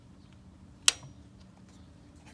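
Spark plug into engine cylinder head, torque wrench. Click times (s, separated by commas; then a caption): 0.9 s. A click-type torque wrench set to 17 Nm tightens a spark plug into the cylinder head of a BMW 550i F10 N63 engine. Against a quiet background, a single sharp, bright click rings out at 0.9 s when the wrench reaches its setting, confirming the plug is torqued.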